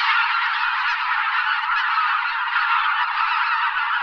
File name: Husa belocela Anser albifrons